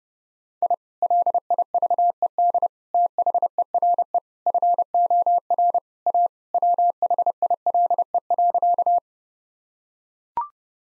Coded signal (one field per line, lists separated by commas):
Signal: Morse code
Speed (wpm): 32 wpm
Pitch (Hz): 700 Hz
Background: none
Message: I LIVED THERE FOR A WHILE.